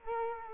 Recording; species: mosquito wingbeat signal from an infrared sensor; Culex quinquefasciatus